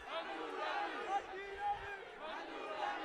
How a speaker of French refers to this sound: La foule réclame la rue. Elle la prend. Et elle marche vers le nord sur la rue Berry en direction d'Ontario. Ce sont des chauffeurs de taxi qui klaxonnent en appui aux étudiants et aux étudiantes qui marchent dans la rue